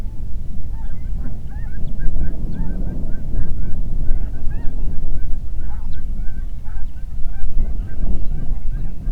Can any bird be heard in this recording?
yes